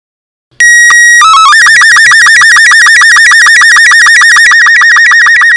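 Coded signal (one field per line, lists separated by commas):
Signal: SSTV (slow-scan television)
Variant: Robot 36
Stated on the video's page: SSTV images sent from a Baofeng 888s handheld radio, encoded with an Android app.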